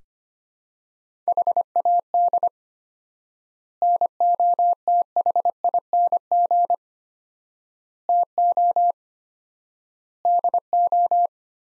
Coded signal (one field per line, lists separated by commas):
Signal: Morse code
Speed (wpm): 25 wpm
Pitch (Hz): 700 Hz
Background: none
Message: HAD NOTHING TO DO